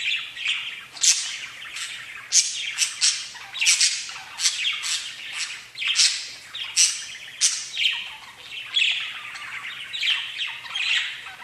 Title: Budgie Sounds